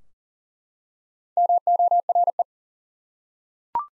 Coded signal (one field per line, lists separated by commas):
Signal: Morse code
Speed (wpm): 38 wpm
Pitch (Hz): 700 Hz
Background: none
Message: MORE